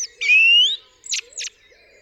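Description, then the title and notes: Common blackbird, song fragment: one long whistle sliding upward, followed by two short, harsh, high squeaks. Singing on a studio roof in the UK, 8 April 2020 around 7am, during Covid-19 lockdown; recorded with a parabolic dish, MKH50 and MKH30 microphones in M/S to a Sonosax R4+ recorder. "Blackbird On A Still Morning. I would like to share this recording I made this morning on the 8th April 2020 around 7am. A Blackbird singing on the roof of my studio"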